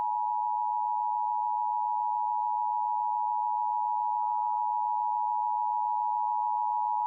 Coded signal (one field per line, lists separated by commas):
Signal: Emergency Alert System (SAME) tones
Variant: 853 and 960 Hz attention tone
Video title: EAS Required Monthly Test on MyNetworkTV (WATL) (4/19/2023)